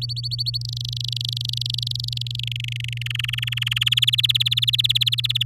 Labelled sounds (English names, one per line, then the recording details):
Domestic Canary song
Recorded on 11 May 2018 at 09:42
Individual llb16